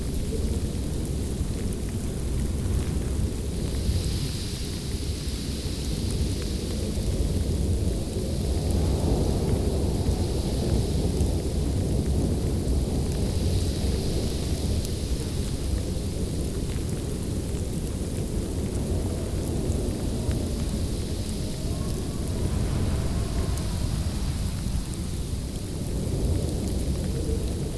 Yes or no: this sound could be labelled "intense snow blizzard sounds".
yes